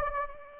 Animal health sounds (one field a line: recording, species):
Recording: mosquito wingbeat signal from an infrared sensor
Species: Anopheles gambiae